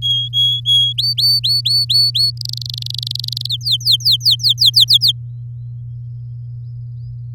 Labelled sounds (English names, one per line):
Domestic Canary song